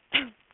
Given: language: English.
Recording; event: throat vibration sensor signal played as sound; cough